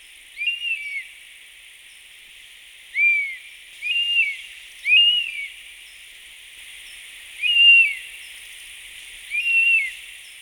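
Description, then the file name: European honey buzzard flight calls: several arched, whistled notes, some in quick pairs, spaced irregularly across ten seconds over a steady hiss. "Wespenbussard Flugrufe. Tembrock Guenter"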